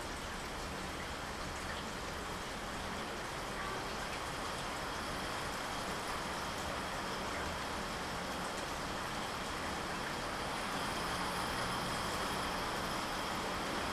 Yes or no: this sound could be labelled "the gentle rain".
yes